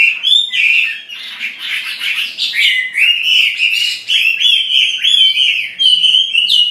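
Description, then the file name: Chinese hwamei pouring out a loud, rich song of varied whistles and twangy slurs, with short phrases repeated in quick succession. "audio gathering hwamei. omkicau"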